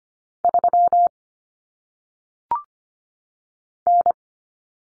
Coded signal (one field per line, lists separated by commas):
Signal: Morse code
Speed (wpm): 25 wpm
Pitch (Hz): 700 Hz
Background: none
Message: 3 N